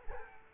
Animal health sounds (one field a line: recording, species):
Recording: mosquito wingbeat signal from an infrared sensor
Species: Culex quinquefasciatus